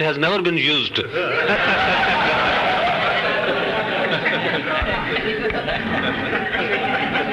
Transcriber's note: laughing